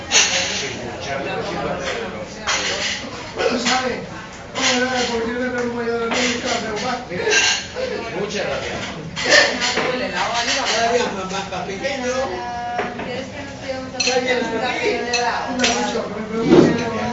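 Chatter fills a bar in Barcelona, several voices talking over one another in a dense, continuous murmur. The level stays fairly steady for the whole stretch, with brief louder bursts of speech, and a sharp clink near the end, likely glass or crockery.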